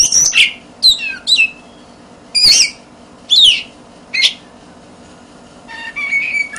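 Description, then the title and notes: Oriental magpie-robin song of loud varied phrases, sweeping whistles and harsh notes in separate bursts with pauses between, ending in a thin sustained whistle. "suara kacer. kumpulan suara burung kacer"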